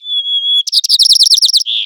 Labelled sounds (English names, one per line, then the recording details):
White-crowned Sparrow song
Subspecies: nuttalli
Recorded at Abbotts Lagoon, California, in 2010
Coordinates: 38.122, -122.942
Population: north
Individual al12v_10